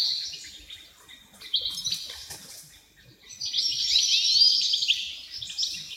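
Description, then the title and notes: Wren song in high jingling trills, a few scattered phrases at first, then a loud sustained reeling burst. Dozens of wrens in the backyard of a home in Dover, southern Tasmania. "Nature Sounds Tasmania - Dover Wrens. The sounds of dozens of wrens in the backyard of a home in Dover, southern Tasmania"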